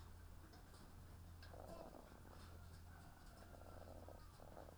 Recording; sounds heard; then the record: poultry house recording; sick chickens (respiratory disease)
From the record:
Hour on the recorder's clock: 19